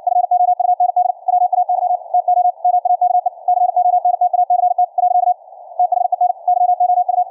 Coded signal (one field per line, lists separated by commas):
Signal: Morse code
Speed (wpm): 60 wpm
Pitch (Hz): 720 Hz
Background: none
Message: FOUND WAY TO MAKE CONTACT . THEN YOU